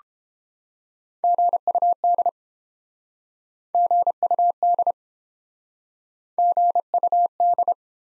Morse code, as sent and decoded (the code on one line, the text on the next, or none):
--. ..- -.. / --. ..- -.. / --. ..- -..
GUD GUD GUD